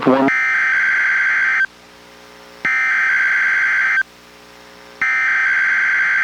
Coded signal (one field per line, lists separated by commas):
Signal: Emergency Alert System (SAME) tones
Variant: header bursts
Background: speech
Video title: EAS #897: NWR Required Weekly Test- Dec. 20, 2023- 11:00AM PST